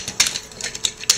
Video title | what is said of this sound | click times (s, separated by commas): FansProject Shadow Commander Classics Nemesis Prime Upgrade | until they click into place like that | 1.1 s